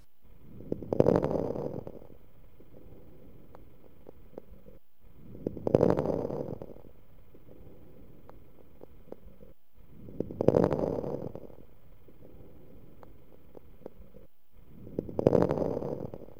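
Four slow breaths, about 13 a minute, with faint, brief popping clicks scattered through each inspiration. These are fine crackles: discontinuous, explosive sounds like salt heated in a frying pan or wood burning, from small airways snapping open; a sign of a problem in the lungs.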